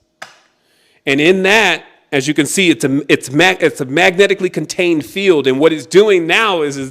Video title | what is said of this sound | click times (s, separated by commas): Vector Equilibrium | then you snap it into place | 0.2 s